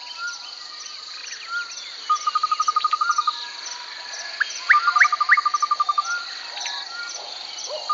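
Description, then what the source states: Birds chirping: fast, even trills of repeated notes, short upslurred chirps and scattered whistles, over a constant high insect buzz. Several birds chirping close by in a forest.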